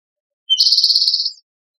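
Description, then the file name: Spotted towhee gives one brief, buzzy trilled note that opens with a short lower sound and holds an even, fast-pulsed buzz before fading. Recorded in Tigard, Oregon, in 2006. "spotted (rufous-sided) towhee , Tigard OR 060506"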